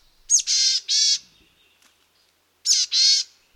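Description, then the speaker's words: Boreal Chickadee giving two calls after a pause of about one and a half seconds, each a short high note followed by drawn-out hoarse, nasal notes. Found in dense spruce forests of Canada. "listen in the dense spruce forests of Canada for the call of the boreal chickadee."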